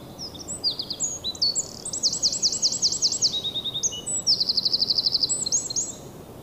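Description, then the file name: Eurasian wren song, a long energetic sequence of piercing notes, fast downslurred series and a buzzy trill, ending with a few sharp whistles. "Troglodytes troglodytes"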